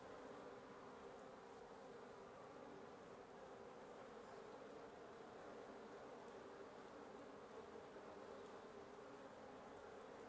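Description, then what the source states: Wasp: steady collective buzz of wasps, a dense drone that neither rises nor falls. Wasp nest under the roof of the recordist's residence at 1a Avenida Nte 19, Antigua Guatemala, Guatemala; recorded in the morning; headphone listening recommended.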